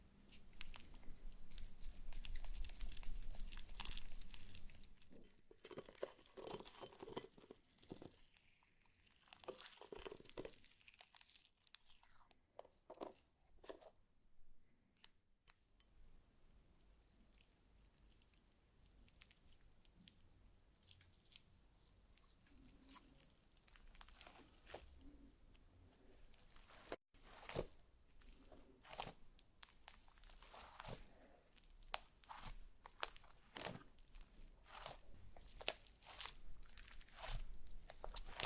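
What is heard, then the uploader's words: Slime being handled, with dense, irregular squelching, crinkling and crackling pops spread through the whole stretch. The opening few seconds are louder and fuller. After that the sounds thin into quieter, sparser clicks and squishes, then grow busier again after about 27 seconds. ASMR SLIME SATISFYING - NO TALKING.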